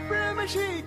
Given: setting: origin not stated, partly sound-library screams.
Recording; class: one-second piece from a danger detection set; normal situation